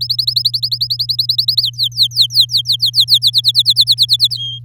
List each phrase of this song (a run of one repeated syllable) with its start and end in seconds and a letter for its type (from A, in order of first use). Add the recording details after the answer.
0.01-1.62 A, 1.62-3.19 B, 3.22-4.37 C, 4.37-4.59 D. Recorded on 8 May 2018 at 05:51. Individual llb16